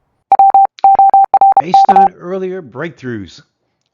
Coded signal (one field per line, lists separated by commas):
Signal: Morse code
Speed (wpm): 32 wpm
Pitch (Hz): 780 Hz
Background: speech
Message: WORK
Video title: UK: Rounds 6 and 7. The great age of telegraphy commences!